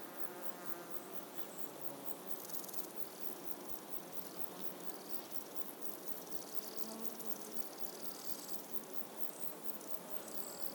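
Insects drone and chirp steadily through a warm summer morning, a dense, even layer of buzzing and fine high chirring that never lets up. Bird calls sound behind them, with brief whistled phrases and twitters scattered across the clip.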